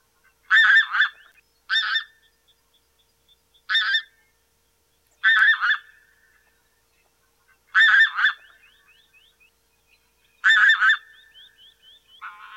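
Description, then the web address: Single goose giving loud, grating honks at irregular intervals, some doubled, with quiet pauses in between. "pfgoose pojedynczy"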